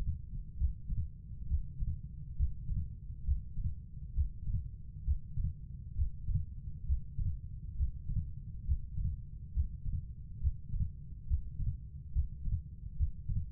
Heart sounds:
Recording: heart sounds by stethoscope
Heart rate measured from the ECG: 68 bpm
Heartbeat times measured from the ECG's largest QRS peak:
0.55 s: heartbeat
1.45 s: heartbeat
2.34 s: heartbeat
3.22 s: heartbeat
4.12 s: heartbeat
5.02 s: heartbeat
5.93 s: heartbeat
6.84 s: heartbeat
7.74 s: heartbeat
8.63 s: heartbeat
9.51 s: heartbeat
10.38 s: heartbeat
11.25 s: heartbeat
12.10 s: heartbeat
12.94 s: heartbeat
From the record:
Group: healthy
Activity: breath hold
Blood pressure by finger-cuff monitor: 105/75 mmHg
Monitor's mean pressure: 85 mmHg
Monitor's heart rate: 68 bpm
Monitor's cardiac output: 4.5 L/min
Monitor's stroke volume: 66 mL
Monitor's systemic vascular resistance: 1390 dyn s/cm5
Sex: female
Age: 43 years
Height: 160 cm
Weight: 90 kg

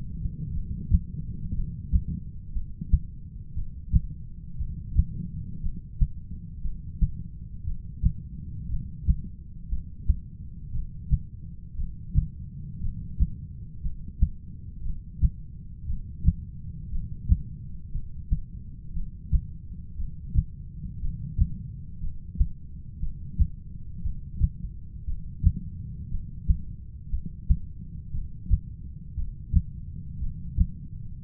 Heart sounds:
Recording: heart sounds by stethoscope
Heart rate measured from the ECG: 59 bpm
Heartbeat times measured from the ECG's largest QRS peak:
0.54 s: heartbeat
1.55 s: heartbeat
2.54 s: heartbeat
3.55 s: heartbeat
4.58 s: heartbeat
5.62 s: heartbeat
6.63 s: heartbeat
7.65 s: heartbeat
8.69 s: heartbeat
9.70 s: heartbeat
10.73 s: heartbeat
11.77 s: heartbeat
12.81 s: heartbeat
13.83 s: heartbeat
14.83 s: heartbeat
15.87 s: heartbeat
16.91 s: heartbeat
17.93 s: heartbeat
18.94 s: heartbeat
19.97 s: heartbeat
21.00 s: heartbeat
22.01 s: heartbeat
23.00 s: heartbeat
24.02 s: heartbeat
25.05 s: heartbeat
26.09 s: heartbeat
27.10 s: heartbeat
28.12 s: heartbeat
29.15 s: heartbeat
30.19 s: heartbeat
31.21 s: heartbeat
From the record:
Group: heart failure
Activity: rest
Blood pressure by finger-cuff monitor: 109/72 mmHg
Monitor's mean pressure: 85 mmHg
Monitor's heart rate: 58 bpm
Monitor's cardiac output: 6.5 L/min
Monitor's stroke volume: 111 mL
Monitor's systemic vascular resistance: 960 dyn s/cm5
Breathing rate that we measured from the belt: 14 breaths a minute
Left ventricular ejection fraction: 25%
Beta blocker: metoprolol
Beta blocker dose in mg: 62.5 twice daily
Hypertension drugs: ramipril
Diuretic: furosemide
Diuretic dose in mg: 40 twice daily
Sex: male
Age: 57 years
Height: 180 cm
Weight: 90.5 kg

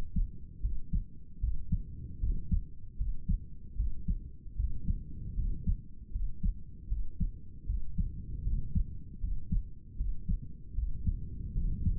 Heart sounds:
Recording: heart sounds by stethoscope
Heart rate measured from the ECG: 77 bpm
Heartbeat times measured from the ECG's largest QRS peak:
0.61 s: heartbeat
1.40 s: heartbeat
2.20 s: heartbeat
2.97 s: heartbeat
3.76 s: heartbeat
4.56 s: heartbeat
5.35 s: heartbeat
6.12 s: heartbeat
6.88 s: heartbeat
7.66 s: heartbeat
8.43 s: heartbeat
9.20 s: heartbeat
9.97 s: heartbeat
10.75 s: heartbeat
11.54 s: heartbeat
From the record:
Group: healthy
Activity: cold pressor test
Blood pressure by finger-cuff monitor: 123/79 mmHg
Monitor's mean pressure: 87 mmHg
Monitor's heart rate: 77 bpm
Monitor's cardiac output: 6.2 L/min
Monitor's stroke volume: 80 mL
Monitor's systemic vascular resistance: 1030 dyn s/cm5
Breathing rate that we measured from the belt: 19 breaths a minute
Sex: male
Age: 35 years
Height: 180 cm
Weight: 86.9 kg

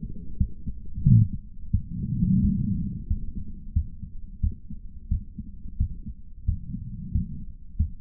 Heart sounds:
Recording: heart sounds by stethoscope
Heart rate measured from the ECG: 89 bpm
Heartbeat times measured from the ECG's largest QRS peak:
0.36 s: heartbeat
1.02 s: heartbeat
1.70 s: heartbeat
2.40 s: heartbeat
3.07 s: heartbeat
3.72 s: heartbeat
4.40 s: heartbeat
5.08 s: heartbeat
5.77 s: heartbeat
6.44 s: heartbeat
7.11 s: heartbeat
7.76 s: heartbeat
From the record:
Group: healthy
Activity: cold pressor test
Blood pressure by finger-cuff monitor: 142/93 mmHg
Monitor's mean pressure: 106 mmHg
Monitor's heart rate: 89 bpm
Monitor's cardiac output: 7.6 L/min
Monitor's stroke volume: 85 mL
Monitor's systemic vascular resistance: 1030 dyn s/cm5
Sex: male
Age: 57 years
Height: 188 cm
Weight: 106 kg

